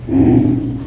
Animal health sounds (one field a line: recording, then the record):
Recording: squeal of a Yucatan mini pig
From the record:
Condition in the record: before surgery on the right vocal fold (resection and tissue-engineered implant)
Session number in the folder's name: 2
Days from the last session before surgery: -15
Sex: female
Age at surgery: 19 weeks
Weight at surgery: 25 kg